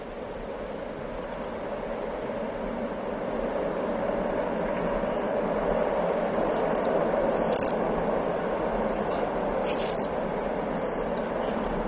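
Common swifts screaming in shrill high bursts, a rapid series of thin screeches from about four and a half seconds on over steady low background noise.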